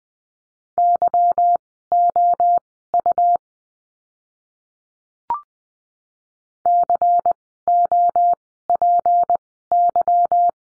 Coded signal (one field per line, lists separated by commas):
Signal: Morse code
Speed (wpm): 20 wpm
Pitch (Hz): 700 Hz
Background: none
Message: YOU COPY